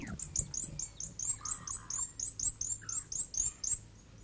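South Island fantail song: a quick series of many high, squeaky chirps, with a few lower whistled notes in the middle.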